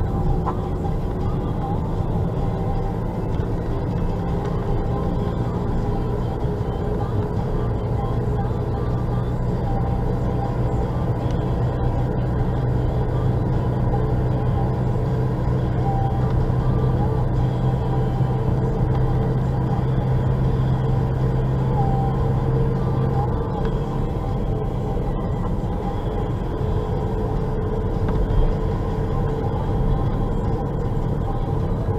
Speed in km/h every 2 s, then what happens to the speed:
43, 45, 48, 49, 49, 49, 50, 52, 51, 52, 53, 51, 50, 51, 52, 52.
0-5 speeds up to 49. 5-32 steady at about 51.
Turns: none.